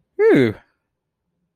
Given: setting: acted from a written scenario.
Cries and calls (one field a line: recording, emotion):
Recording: vocal sound without words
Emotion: positive surprise